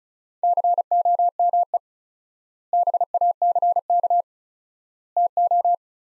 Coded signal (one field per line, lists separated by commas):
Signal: Morse code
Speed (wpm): 35 wpm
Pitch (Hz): 700 Hz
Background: none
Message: COME BACK TO